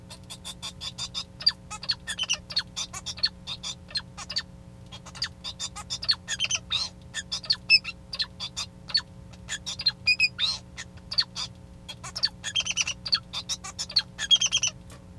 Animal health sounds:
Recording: song of a male Bengalese finch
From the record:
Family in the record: son of father 2

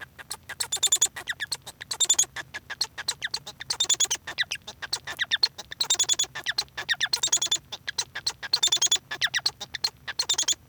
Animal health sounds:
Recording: song of a male Bengalese finch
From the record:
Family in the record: son of father 1

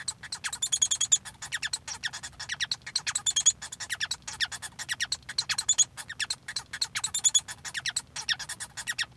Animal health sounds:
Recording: song of a male Bengalese finch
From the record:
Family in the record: son of father 1

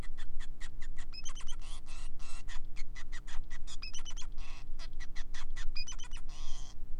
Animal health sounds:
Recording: song of a male Bengalese finch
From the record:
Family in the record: son of father 5

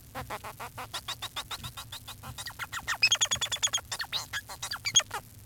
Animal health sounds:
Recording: song of a male Bengalese finch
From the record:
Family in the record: son of father 4

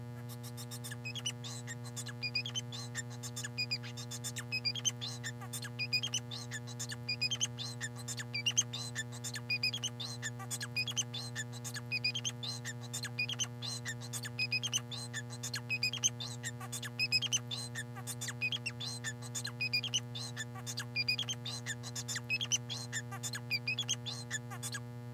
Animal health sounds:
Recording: song of a male Bengalese finch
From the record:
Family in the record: son of father 4

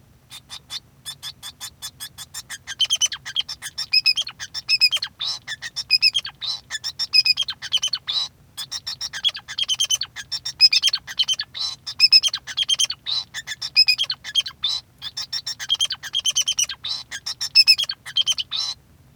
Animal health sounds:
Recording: song of a male Bengalese finch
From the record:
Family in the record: son of father 2

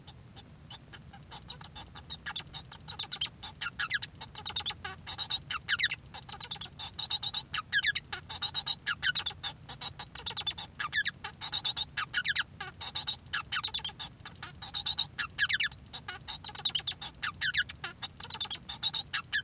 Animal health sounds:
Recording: song of a male Bengalese finch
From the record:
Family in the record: son of father 1

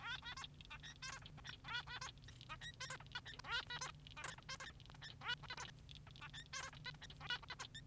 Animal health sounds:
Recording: song of a male Bengalese finch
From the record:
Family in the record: son of father 3

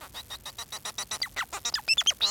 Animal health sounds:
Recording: song of a male Bengalese finch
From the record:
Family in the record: son of father 4

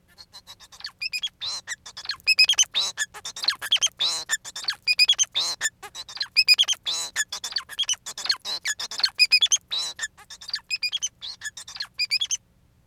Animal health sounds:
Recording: song of a male Bengalese finch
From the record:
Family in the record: son of father 4

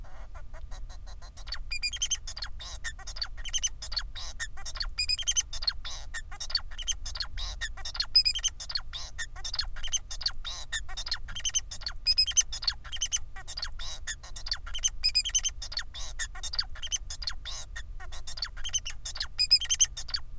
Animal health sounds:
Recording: song of a male Bengalese finch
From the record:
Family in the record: son of father 4

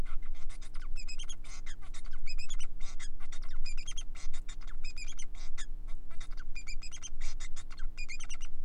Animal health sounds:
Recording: song of a male Bengalese finch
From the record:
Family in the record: son of father 4

